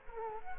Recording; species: mosquito wingbeat signal from an infrared sensor; Culex quinquefasciatus